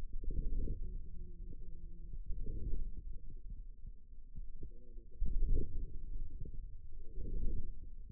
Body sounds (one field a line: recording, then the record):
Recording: forearm muscle sounds (acoustic myography)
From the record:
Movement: inward rotation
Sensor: system 2, bracelet of six BSWA MPA416 microphones around the upper forearm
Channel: 4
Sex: female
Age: 21 years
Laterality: right